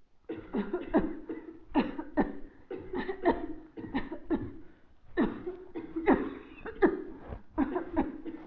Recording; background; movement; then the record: voluntary coughing; a bystander coughing; sitting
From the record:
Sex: female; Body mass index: 21.8 kg/m2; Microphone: on the chest, facing the body